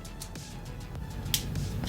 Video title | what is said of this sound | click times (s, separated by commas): Zeta Superitron Mini Silver Arrow - Legends Scale Aerialbot Silverbolt | want to bring the arms down once again you're not all the way down until you hear the pop | 1.3 s